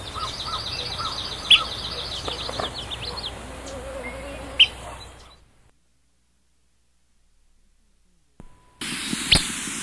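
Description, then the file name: Alder flycatcher call notes, brief and sharp, sound twice amid background chirping and hiss, then a silent gap before another noisy stretch begins. Alder flycatcher short call notes presented for training, compared with willow flycatcher call notes. "ALFL-vs-WIFL-mmp training"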